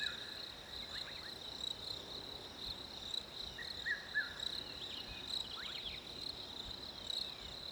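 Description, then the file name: Cricket trilling shrilly and continuously, accompanied by short bird whistles and a few quick chirps. Winter ambience with crickets and birds. "fresh winter crickets birds"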